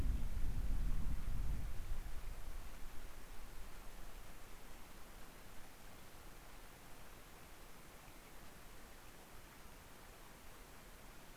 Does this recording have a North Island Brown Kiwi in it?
no